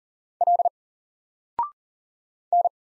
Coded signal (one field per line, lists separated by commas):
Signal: Morse code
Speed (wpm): 38 wpm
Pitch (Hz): 700 Hz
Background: none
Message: L N